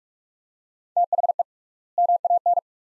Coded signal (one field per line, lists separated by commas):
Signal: Morse code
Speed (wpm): 47 wpm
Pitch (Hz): 700 Hz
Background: none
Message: THE MAN